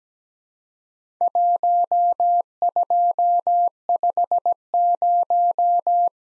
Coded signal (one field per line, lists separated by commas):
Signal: Morse code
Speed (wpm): 17 wpm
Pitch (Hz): 700 Hz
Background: none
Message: 1250